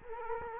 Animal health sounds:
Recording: mosquito wingbeat signal from an infrared sensor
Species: Culex quinquefasciatus

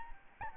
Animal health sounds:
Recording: mosquito wingbeat signal from an infrared sensor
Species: Aedes albopictus

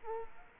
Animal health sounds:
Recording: mosquito wingbeat signal from an infrared sensor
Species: Culex quinquefasciatus

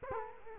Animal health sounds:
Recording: mosquito wingbeat signal from an infrared sensor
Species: Culex quinquefasciatus

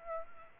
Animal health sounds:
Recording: mosquito wingbeat signal from an infrared sensor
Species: Aedes aegypti

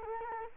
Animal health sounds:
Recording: mosquito wingbeat signal from an infrared sensor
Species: Culex quinquefasciatus

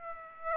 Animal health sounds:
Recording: mosquito wingbeat signal from an infrared sensor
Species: Aedes aegypti

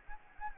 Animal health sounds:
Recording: mosquito wingbeat signal from an infrared sensor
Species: Anopheles gambiae

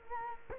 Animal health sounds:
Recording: mosquito wingbeat signal from an infrared sensor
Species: Culex quinquefasciatus

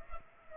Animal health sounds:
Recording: mosquito wingbeat signal from an infrared sensor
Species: Culex pipiens

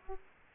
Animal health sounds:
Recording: mosquito wingbeat signal from an infrared sensor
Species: Aedes aegypti

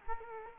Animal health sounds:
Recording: mosquito wingbeat signal from an infrared sensor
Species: Culex quinquefasciatus

